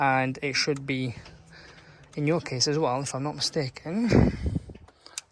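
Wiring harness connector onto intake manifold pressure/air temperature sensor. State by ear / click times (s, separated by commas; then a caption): seated / 5.2 s. A wiring harness connector is pushed back onto the intake air temperature / manifold pressure sensor on a Subaru's intake while someone talks. A few faint clicks are followed by a sharp, loud latch at 5.2 s as the connector clicks in and seats.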